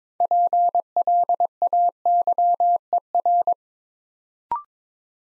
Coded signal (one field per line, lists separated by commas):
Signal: Morse code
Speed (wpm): 22 wpm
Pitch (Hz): 700 Hz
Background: none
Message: PLAYER